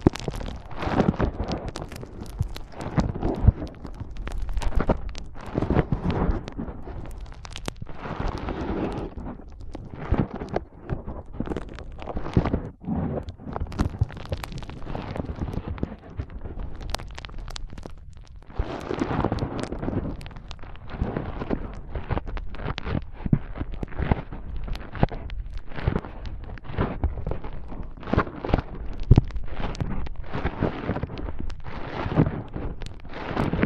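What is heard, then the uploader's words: Foam is rubbed and squeezed right against the microphone, making a dense, continuous run of close, crackling scrunches and muffled thumps. The rustling bursts come rapidly and unevenly, with brief softer lulls near 7 and 18 seconds before the vigorous rubbing picks up again. ASMR Powerful Foam Brain Massage.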